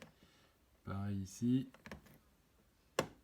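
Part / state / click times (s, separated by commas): plastic push-pin fairing clip in a motorcycle fairing panel / released / 3.0 s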